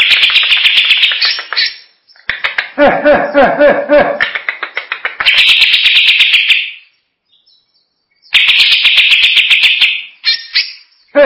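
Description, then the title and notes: Greater green leafbird pouring out harsh buzzy rattles, then a lower churring chatter with rhythmic clicks, then more high buzzy phrases broken by silent gaps. Champion singing bird. "Kicau Burung Cucak Ijo Juara. Suara kicauan burung cucak ijo"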